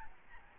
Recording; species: mosquito wingbeat signal from an infrared sensor; Aedes albopictus